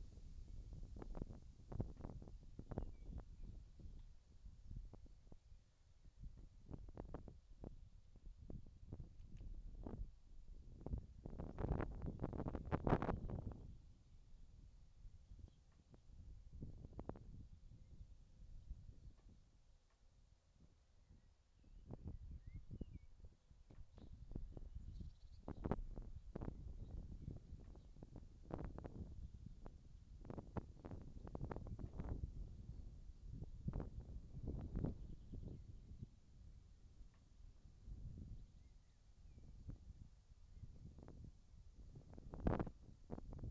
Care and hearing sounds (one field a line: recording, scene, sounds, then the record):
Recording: everyday scene through a hearing-aid microphone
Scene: wind on the microphone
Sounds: wind, whistling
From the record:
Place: in front of a rural house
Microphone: in the ear canal, left